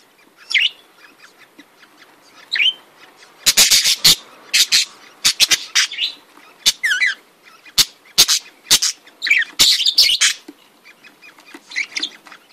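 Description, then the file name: Budgerigar chatter, loud sharp clicking and buzzy notes in rapid runs mixed with short warbled calls. "Canto do periquitos ingleses"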